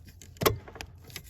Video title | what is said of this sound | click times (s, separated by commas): 99-07 Ford Superduty Shifter Cable Replacement | and you'll hear it click down in there | 0.5 s